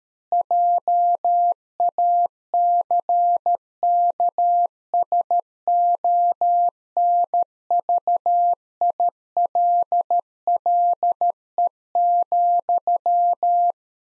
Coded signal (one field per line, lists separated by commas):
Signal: Morse code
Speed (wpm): 13 wpm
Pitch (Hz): 700 Hz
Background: none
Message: JACKSONVILLE,